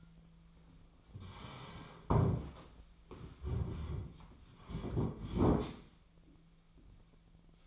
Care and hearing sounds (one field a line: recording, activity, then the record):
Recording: daily activity, microphone in the room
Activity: sit down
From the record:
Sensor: 1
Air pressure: 1008.2 hPa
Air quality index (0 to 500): 192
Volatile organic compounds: 17 ppm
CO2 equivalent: 2592 ppm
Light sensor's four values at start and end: 14/35/14/16 and 14/36/15/17